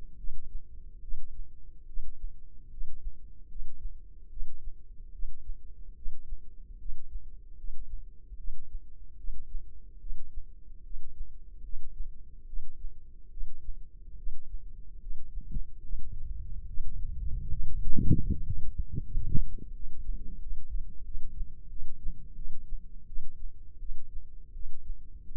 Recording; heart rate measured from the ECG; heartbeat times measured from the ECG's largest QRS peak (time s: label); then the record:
heart sounds by microphone in the left ear; 77 bpm
0.16 s: heartbeat
1.00 s: heartbeat
1.85 s: heartbeat
2.69 s: heartbeat
3.47 s: heartbeat
4.28 s: heartbeat
5.11 s: heartbeat
5.94 s: heartbeat
6.77 s: heartbeat
7.56 s: heartbeat
8.36 s: heartbeat
9.16 s: heartbeat
9.98 s: heartbeat
10.82 s: heartbeat
11.61 s: heartbeat
12.45 s: heartbeat
13.29 s: heartbeat
14.15 s: heartbeat
14.98 s: heartbeat
15.81 s: heartbeat
16.65 s: heartbeat
17.48 s: heartbeat
18.29 s: heartbeat
19.02 s: heartbeat
19.71 s: heartbeat
20.38 s: heartbeat
21.03 s: heartbeat
21.68 s: heartbeat
22.34 s: heartbeat
23.05 s: heartbeat
23.78 s: heartbeat
24.52 s: heartbeat
25.23 s: heartbeat
From the record:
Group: healthy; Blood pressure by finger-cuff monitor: 93/61 mmHg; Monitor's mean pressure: 71 mmHg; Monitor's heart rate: 73 bpm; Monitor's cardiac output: 5.6 L/min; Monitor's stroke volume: 77 mL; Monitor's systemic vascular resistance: 900 dyn s/cm5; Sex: female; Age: 19 years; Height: 163 cm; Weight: 51 kg